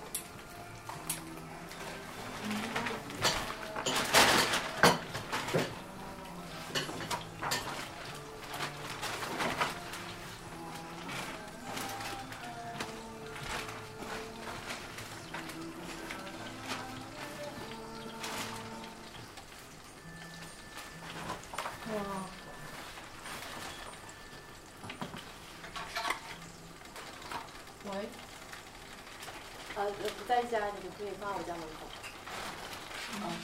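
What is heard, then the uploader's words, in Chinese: Street life in a Beijing hutong near the Drum Tower: overlapping voices and chatter, scattered clatter and knocks, and a short whistle-like chirp near the end. 待在有阳光的五金（下）｜城市声音。北京鼓楼的胡同里。没有特地录说话声。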